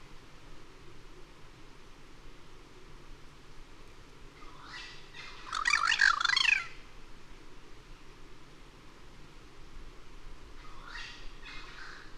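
Bird giving a harsh, raspy squawk lasting about two seconds with rapid buzzy pulses, then a fainter, shorter squawk near the end, over steady low background hiss.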